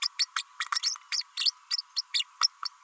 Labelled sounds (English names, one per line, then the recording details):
Green-rumped Parrotlet babbling
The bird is a female
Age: 32 days
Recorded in a nest box in Venezuela
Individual 17B32A5